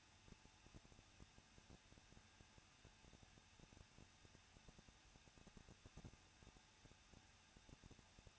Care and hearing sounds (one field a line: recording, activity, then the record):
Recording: daily activity, microphone in the room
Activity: no activity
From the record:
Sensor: 2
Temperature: 21.0 degrees Celsius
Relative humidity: 37.5%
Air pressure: 1006.2 hPa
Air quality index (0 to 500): 223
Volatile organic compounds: 25 ppm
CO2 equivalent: 2826 ppm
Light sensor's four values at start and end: 2/3/2/2 and 2/3/2/2